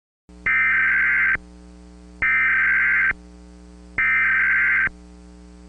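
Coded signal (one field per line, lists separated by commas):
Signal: Emergency Alert System (SAME) tones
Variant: header bursts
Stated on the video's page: Fictional EAS scenario.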